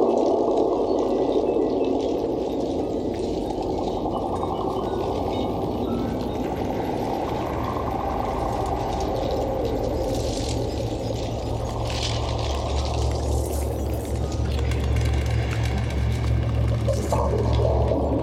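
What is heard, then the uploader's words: An ocean soundscape built entirely from the sounds of plastic beach debris, heard as a dense, steady, churning rumble that sits low and never lets up. A low droning hum firms up in the second half, and brighter hissing swells rise briefly near thirteen and seventeen seconds. This podcast provides a journey through an ocean soundscape of the future, with all sounds created from plastic objects found on a beach.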